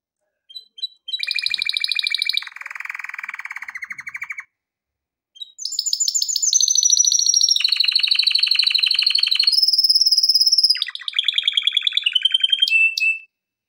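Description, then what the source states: Canary delivering rapid pulsed trills and rattling tours, a short break, then a long sequence of rolling and whistled phrases shifting in pitch. Canary song recorded for training canaries.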